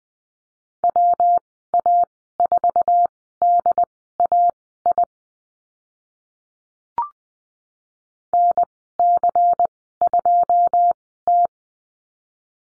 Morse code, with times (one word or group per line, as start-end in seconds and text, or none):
0.8-5.0 WA4DAI
8.3-11.5 NC2T